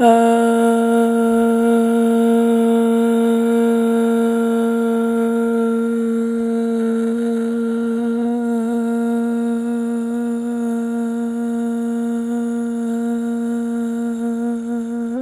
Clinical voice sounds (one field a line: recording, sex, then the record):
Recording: sustained vowel /a/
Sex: female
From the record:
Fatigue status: fatigue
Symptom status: symptomatic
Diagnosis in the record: COVID-19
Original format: m4a